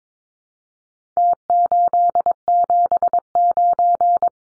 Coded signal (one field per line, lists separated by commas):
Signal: Morse code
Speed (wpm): 22 wpm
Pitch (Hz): 700 Hz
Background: none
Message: T879